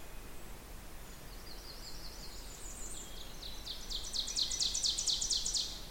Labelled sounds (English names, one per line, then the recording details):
Ovenbird song
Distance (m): 45 m
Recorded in boreal forest in Alberta, Canada, on 16 June 2016 at 07:07
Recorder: SongMeter 3, array SBT-3-32
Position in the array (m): 177 m, 26 m
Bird 36